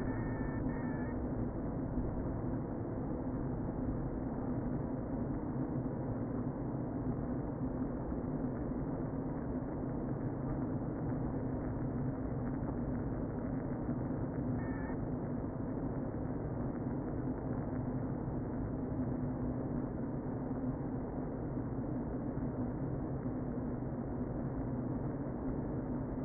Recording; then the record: honeybee colony, microphone inside the hive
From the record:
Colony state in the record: queen present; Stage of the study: before two queens were removed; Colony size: about 60,000 bees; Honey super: yes